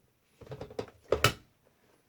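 A monitor stand is pushed onto the plastic mount on the back of a Viewsonic 1440p gaming monitor after some struggling with it. A few light knocks and scrapes come first, then the stand snaps into place with two sharp clicks at 1.1 and 1.2 seconds.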